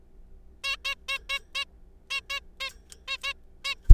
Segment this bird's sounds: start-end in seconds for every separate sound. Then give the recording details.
0.64-0.76, 0.85-0.94, 1.08-1.18, 1.30-1.39, 1.55-1.65, 2.10-2.21, 2.30-2.40, 2.60-2.70, 3.08-3.17, 3.23-3.33, 3.65-3.75. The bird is a juvenile. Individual R3428